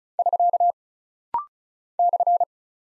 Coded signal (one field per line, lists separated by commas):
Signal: Morse code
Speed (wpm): 36 wpm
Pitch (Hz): 700 Hz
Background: none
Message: <SK> /